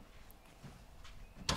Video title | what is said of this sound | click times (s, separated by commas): Mabett grill lights for the Bronco (Badlands) install | snaps in place make sure the bottom Clips | 1.5 s